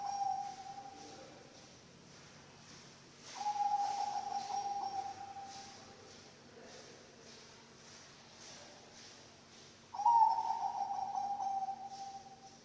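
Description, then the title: Zebra dove song: a phrase fading at the start, then two long cooing phrases, each starting strongly and fading, over a faint steady hum. Bangkok-type zebra dove (perkutut) song, used as a master recording for training birds and as a lure. "mster Mnuk. SUARA OCEHAN BURUNG PERKUTUT BANGKOK Untuk MASTERAN dan PANCINGAN"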